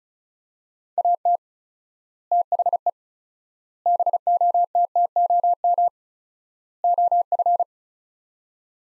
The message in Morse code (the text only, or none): AT THE BOTTOM OF